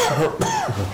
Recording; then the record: coughing mixed with background sound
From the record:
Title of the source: Mid-morning Winter Coughing Fit